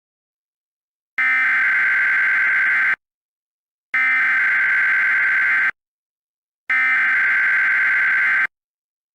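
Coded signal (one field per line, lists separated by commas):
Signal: Emergency Alert System (SAME) tones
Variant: header bursts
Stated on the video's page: Fictional EAS scenario, self-made.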